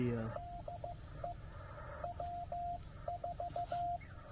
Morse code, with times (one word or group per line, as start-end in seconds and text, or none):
0.4-1.3 DE
2.0-4.0 W4